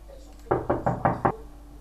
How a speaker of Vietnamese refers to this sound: Cửa phòng đóng chặt và Phó Viễn bắt đầu gõ cửa